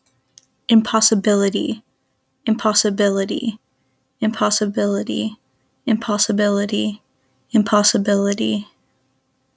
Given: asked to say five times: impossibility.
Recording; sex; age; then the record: repeated word; female; 20 to 29 years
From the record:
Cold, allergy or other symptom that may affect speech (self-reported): no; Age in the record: 22 years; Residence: Texas, United States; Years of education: 12